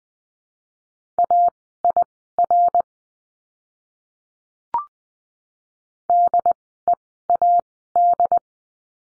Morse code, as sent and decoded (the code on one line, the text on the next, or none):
.- .. .-. / -.. . .- -..
AIR DEAD